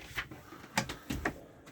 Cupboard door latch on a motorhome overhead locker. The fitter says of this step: and clicks as per all the other ones.